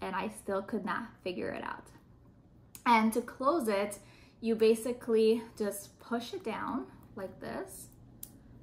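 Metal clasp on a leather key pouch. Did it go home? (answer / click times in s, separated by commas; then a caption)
yes / 8.2 s. A Louis Vuitton leather key pouch has its metal clasp pushed down and lifted back up to close it while someone talks. One sharp click is heard at 8.2 s as the clasp clicks into place.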